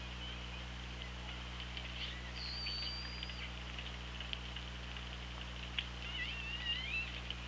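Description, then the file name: Orca whistle: a thin, high, level tone lasting about a second, later followed by a quick squiggly, wavering whistle, over steady low underwater hum. Recorded on an OrcaLab hydrophone, 24 August 2017, 17:33. "Orca Lab UTLN JASON 20170824 173311"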